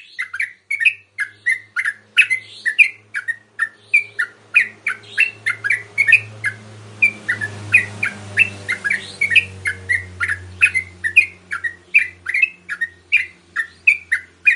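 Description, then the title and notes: Yellow-vented bulbul song: long run of rapid chirping notes delivered in quick succession over a low, steady background hum. Trucukan song in the tembakan and ropel delivery styles, a masteran used to tutor songbirds. "MASTERAN Trucukan Tembakan Dan Ropel. BURUNG TRUCUKAN"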